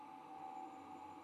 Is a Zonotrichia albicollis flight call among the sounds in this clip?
no